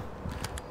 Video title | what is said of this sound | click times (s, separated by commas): 2019 Tesla Model 3 Performance Real-World range and efficiency Newcastle to the South Coast | and that's it you hear the click and then | 0.5 s, 0.6 s